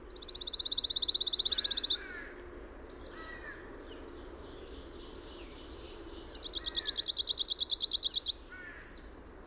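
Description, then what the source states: Pine warbler song: two fast, even, musical trills about two seconds long, separated by a pause of about four seconds, with faint chirps and harsh notes from other birds in between. Eleven songs, recorded 22 June 2001.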